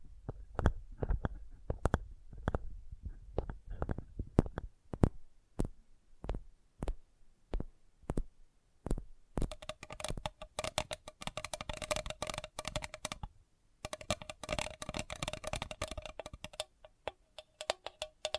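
Sensitive tapping: sharp, separate taps land one after another at an uneven rhythm for the first nine seconds, with soft low thumps beneath them. After that the tapping speeds into a dense, rapid patter with a brighter edge, broken by a brief pause near thirteen seconds.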